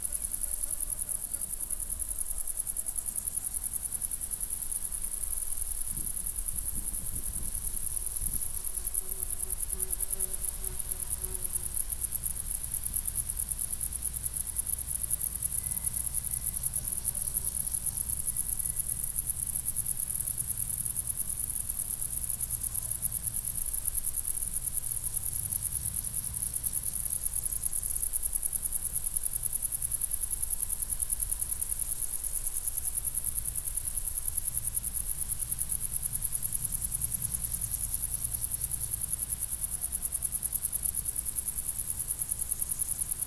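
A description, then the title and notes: Crickets in a meadow keep up a dense, unbroken shrill of very high-pitched chirring that holds steady for the whole stretch. Underneath runs a soft low rumble, with a few brief low thumps near the start, around six to eight seconds. Crickets in the Meadow.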